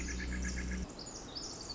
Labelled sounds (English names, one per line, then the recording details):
Pacific Wren
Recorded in Sonoma County, California